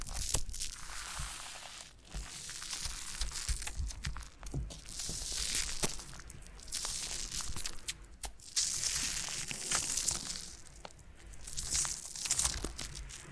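Foam being massaged and squeezed, giving a dense, hissy crinkling and crunching that swells and fades in waves. Short gaps around 2, 4.5 and 8 seconds break the rubbing, with sharp little clicks and crackles scattered throughout and a faint low rumble underneath.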